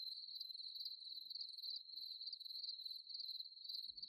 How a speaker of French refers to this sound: Le bruissement lancinant et métallique des régiments de sauterelles, de grillons, de locustes et autres courtières, disséminés par myriades sur les herbes de la prairie.